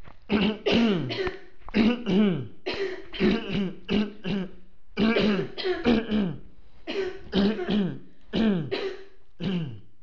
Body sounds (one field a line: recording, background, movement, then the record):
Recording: throat clearing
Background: a bystander coughing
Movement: sitting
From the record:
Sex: male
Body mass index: 20.6 kg/m2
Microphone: on the chest, facing outward